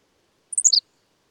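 Bird twittering in a single short phrase of four sharp, high notes falling in pitch, over in a fraction of a second, with silence around it.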